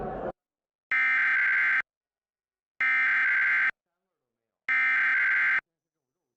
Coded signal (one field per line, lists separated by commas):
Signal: Emergency Alert System (SAME) tones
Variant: header bursts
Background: speech